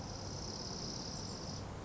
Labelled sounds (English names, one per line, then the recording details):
Dark-eyed Junco
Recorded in Sonoma County, California